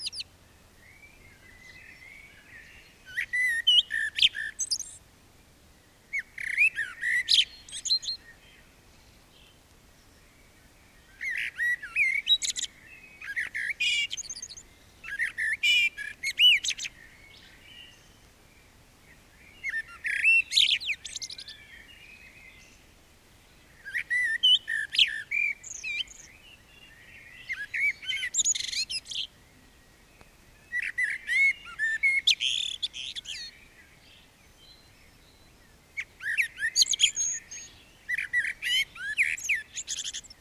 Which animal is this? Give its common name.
Common Blackbird